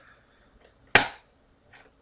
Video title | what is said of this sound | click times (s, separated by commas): Taking Apart a Buffalo LinkStation Live LS-CH1.0TL | And you'll hear some popping, | 0.9 s